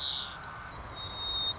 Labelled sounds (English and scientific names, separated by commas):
White-crowned Sparrow (Zonotrichia leucophrys)